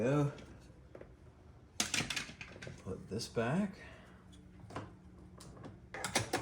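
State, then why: Not seated. While reassembling a 2014 Toyota Highlander door after replacing the lock actuator, a door part (a clip, connector or trim piece) is handled and pushed back toward place in the door assembly. Someone talks, and short sharp knocks and clicks of handling come at about 1.8 to 2.6 seconds and again near 6.0 to 6.2 seconds. The clip ends before the part goes home, so nothing has seated or clicked yet.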